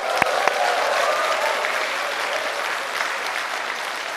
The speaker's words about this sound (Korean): 부드럽고 은은하지만 강한 메시지로 중국 같은 강의를 쓴 우리 안희정 강사님의 뜨거운 박수 부탁드립니다.